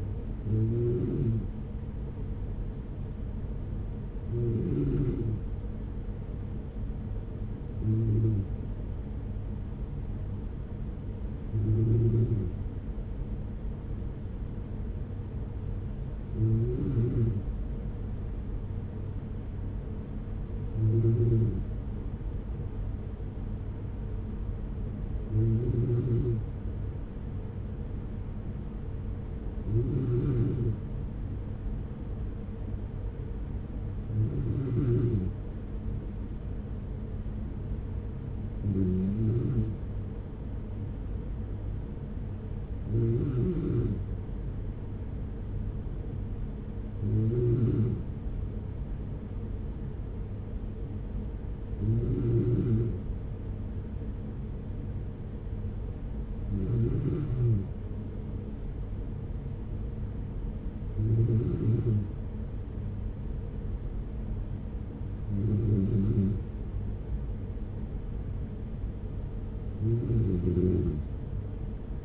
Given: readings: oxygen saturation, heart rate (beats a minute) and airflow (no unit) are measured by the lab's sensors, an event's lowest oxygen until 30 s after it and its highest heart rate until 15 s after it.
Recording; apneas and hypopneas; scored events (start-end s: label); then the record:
breathing in sleep by a smartphone at the bedside; none
none scored
From the record:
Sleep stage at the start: N3 (deep sleep); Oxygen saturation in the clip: 94 to 95%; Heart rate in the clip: 43 to 46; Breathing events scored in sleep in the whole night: 210 in 6.9 hours asleep